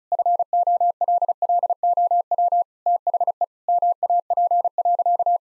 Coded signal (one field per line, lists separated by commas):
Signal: Morse code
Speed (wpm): 36 wpm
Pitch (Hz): 700 Hz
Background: none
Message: FOLLOW THE MAP.